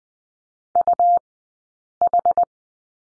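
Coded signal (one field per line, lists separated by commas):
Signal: Morse code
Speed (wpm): 20 wpm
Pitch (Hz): 700 Hz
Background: none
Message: UH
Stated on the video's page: Morse code course lesson on the slash character, sent at Farnsworth speed 20/10 wpm.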